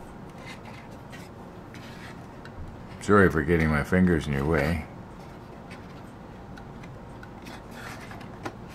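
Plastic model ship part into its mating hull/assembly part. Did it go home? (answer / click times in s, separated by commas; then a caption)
yes / 8.5 s. A plastic model ship part, meant to spread apart and snap into place, is pressed by hand into its mating hull part while someone talks midway through. Faint rubbing and small taps lead to a sharp click at 8.5 s as the part seats and locks into place.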